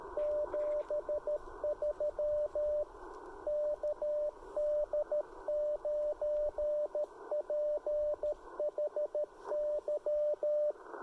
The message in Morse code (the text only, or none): 73 KD9PHY